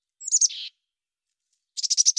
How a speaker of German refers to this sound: Forscher haben an Meisen geforscht und haben bei Meisen den ersten Beleg für einen Satzbau im Tierreich zeigen können, sodass also diese kleinen Meisen, wie wir sie hier auch haben, in Sätzen sprechen.